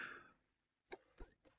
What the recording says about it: I was really sick last week, and it's gotten away. Like the illness has gone away, but this dry cough and my tonsils are swollen.